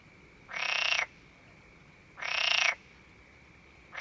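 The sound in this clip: Frog giving long, harsh rasping croaks about two seconds apart, each lasting half a second or more, over a steady high tone.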